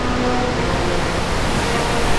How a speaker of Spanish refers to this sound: ¡Una catarata!